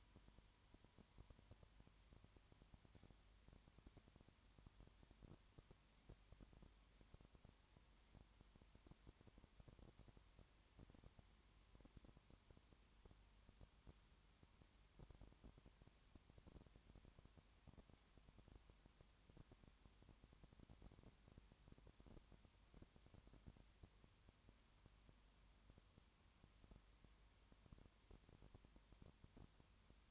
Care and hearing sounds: daily activity, microphone in the room; no activity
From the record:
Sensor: 3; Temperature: 20.5 degrees Celsius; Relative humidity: 34.6%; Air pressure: 1001.1 hPa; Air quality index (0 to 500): 195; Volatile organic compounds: 6 ppm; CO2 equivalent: 1857 ppm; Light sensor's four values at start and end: 2/3/2/2 and 2/3/2/2

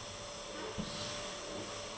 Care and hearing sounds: daily activity, microphone in the room; vacuum cleaning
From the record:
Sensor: 4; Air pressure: 1012.7 hPa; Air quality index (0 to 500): 249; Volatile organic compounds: 5 ppm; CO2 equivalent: 1706 ppm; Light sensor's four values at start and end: 13/30/12/11 and 13/30/12/11

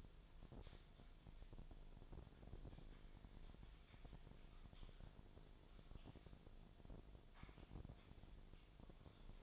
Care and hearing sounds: daily activity, microphone in the room; typing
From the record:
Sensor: 5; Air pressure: 1009.6 hPa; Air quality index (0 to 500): 168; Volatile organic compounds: 4 ppm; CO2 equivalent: 1629 ppm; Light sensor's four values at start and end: 101/267/109/115 and 100/265/108/114

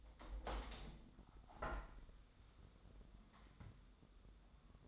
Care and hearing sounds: daily activity, microphone in the room; open window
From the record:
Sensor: 3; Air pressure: 1006.5 hPa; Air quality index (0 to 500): 204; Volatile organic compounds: 18 ppm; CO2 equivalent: 2606 ppm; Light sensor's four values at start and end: 10/24/10/10 and 10/24/10/10

